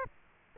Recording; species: mosquito wingbeat signal from an infrared sensor; Aedes aegypti